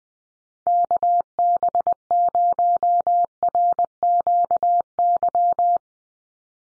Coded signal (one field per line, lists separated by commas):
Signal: Morse code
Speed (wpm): 20 wpm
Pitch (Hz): 700 Hz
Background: none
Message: KB0RQY